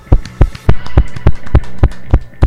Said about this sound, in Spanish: Le damos la bienvenida con este fuerte aplauso microfonal.